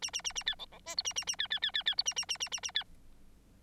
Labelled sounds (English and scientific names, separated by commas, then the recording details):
Bengalese Finch (Lonchura striata domestica) song
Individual Bird9